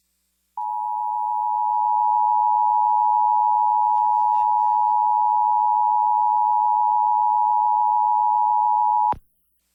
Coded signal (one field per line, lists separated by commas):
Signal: Emergency Alert System (SAME) tones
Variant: 853 and 960 Hz attention tone